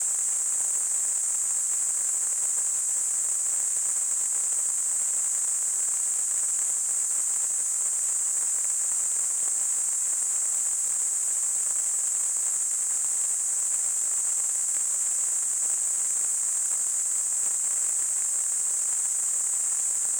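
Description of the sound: A steady, very high-pitched hiss, centred near 8 kHz, runs unbroken for about 20 seconds with no change in pitch or loudness. It is a simulated sample of the ringing or hissing heard in tinnitus.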